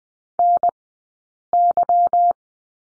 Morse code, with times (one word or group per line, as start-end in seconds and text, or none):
0.4-0.7 N
1.5-2.3 Y